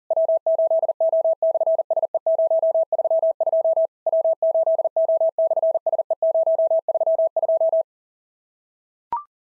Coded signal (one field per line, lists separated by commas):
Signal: Morse code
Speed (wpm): 40 wpm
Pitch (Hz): 660 Hz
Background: none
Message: W8O/SE032 W8O/SE032